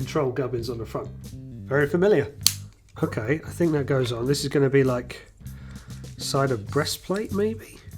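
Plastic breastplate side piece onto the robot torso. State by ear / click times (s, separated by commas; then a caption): not seated / none. Someone talks while handling a plastic side piece for the breastplate of a Blokees Action Edition G1 Megatron, a block-built robot, lining it up to press onto the torso. Only speech and faint handling noises are heard, and nothing has clicked or seated yet.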